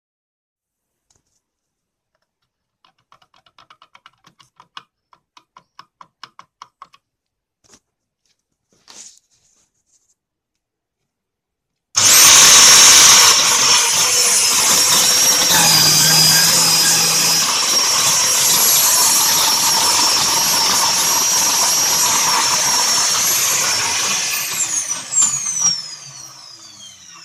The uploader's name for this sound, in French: moteur d'aspirateur